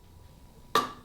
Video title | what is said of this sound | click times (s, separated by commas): How To Change Harley Rear Wheel Bearings | and you heard it right there you don't want to just hammer it down because you could pass that channel in there but | 0.8 s